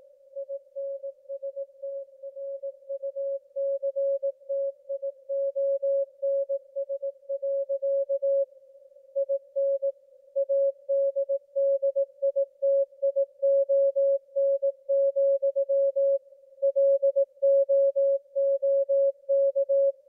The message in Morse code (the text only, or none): INSTRUCTIONS. IN ADDITION, LOOK